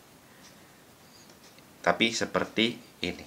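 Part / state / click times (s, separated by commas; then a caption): hard disk drive into game console drive bay / not seated / none. A hard disk drive is turned and lined up the right way, not upside down, in front of a PlayStation 3 drive bay before being pushed in, with only faint handling noise for the first couple of seconds. Someone then talks. Nothing has seated or clicked yet.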